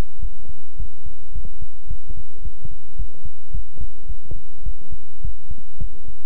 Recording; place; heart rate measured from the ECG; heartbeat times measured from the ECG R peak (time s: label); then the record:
heart sounds by stethoscope; between the tricuspid and mitral areas; 107 bpm
0.19 s: heartbeat
0.76 s: heartbeat
1.32 s: heartbeat
1.87 s: heartbeat
2.42 s: heartbeat
2.96 s: heartbeat
3.51 s: heartbeat
4.06 s: heartbeat
4.63 s: heartbeat
5.21 s: heartbeat
5.79 s: heartbeat
From the record:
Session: pedaling a stationary bicycle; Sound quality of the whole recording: good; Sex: male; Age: 24 years